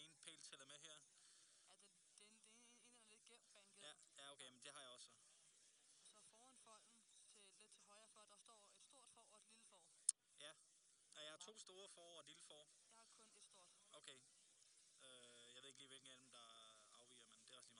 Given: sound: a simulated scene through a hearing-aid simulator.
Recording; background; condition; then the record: conversation; quiet; 55 dB SPL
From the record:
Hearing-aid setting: II (fast-acting compression, audibility-based gain, advanced features for about 2.5 dB of SNR improvement); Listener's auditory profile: D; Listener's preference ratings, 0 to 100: 92, 80, 100